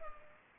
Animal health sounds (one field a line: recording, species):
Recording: mosquito wingbeat signal from an infrared sensor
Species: Culex pipiens